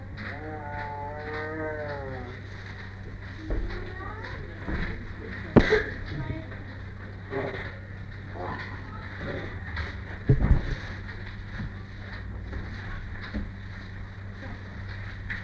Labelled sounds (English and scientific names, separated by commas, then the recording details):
Tiger (Panthera tigris)
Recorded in captivity
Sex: diverse
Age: adult
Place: Tierpark Berlin, Berlin, DE
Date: 1959-07-28
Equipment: Smaragd
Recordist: TSA
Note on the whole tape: Lissy und Cäsar: Prusten und Einzellaute. Abstand 2-3 m. Aufnahmezeit: 7.15-8.30 Uhr